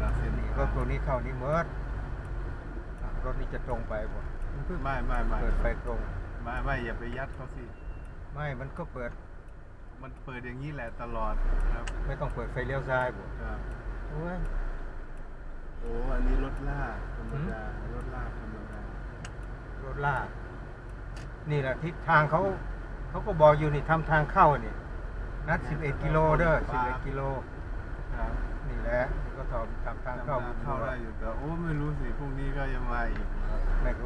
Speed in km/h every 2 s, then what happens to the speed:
9, 11, 10, 8, 6, 5, 4, 4, 3, 6, 4, 7, 10, 12, 13, 13, 12.
4-16 slows to 3. 16-27 speeds up to 13. 27-34 steady at about 13.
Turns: none.